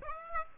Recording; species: mosquito wingbeat signal from an infrared sensor; Aedes aegypti